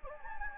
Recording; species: mosquito wingbeat signal from an infrared sensor; Anopheles gambiae